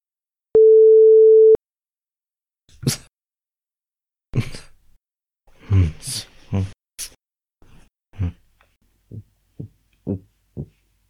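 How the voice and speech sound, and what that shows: Adult man with Tourette syndrome producing a series of brief vocal tics: little grunts, hums, lip smacks and other mouth noises, short bursts separated by silences, preceded by a steady sine-wave tone. Only ambient noise reduction and amplification applied.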